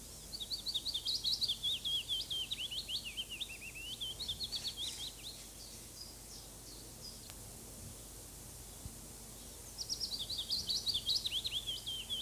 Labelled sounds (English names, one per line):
Willow Warbler song